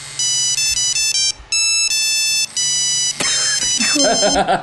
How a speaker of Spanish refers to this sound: Vamos a mostrar cuál es el efecto vibrador del que hablábamos tapando el microfonito del celular.